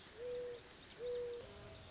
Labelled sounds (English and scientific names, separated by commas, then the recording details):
Mourning Dove (Zenaida macroura)
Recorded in Sonoma County, California